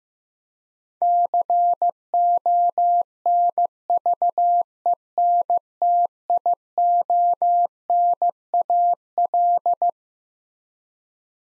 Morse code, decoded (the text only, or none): CONVENTIONAL